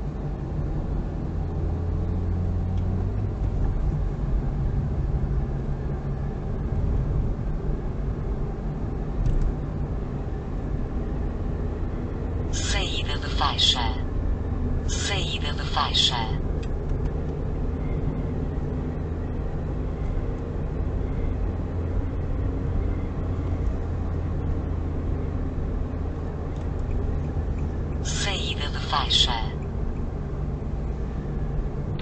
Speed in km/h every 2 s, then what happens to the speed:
47, 50, 53, 55, 55, 56, 58, 59, 61, 59, 64, 64, 61, 57, 55, 54.
0-20 speeds up to 64. 20-32 slows to 54.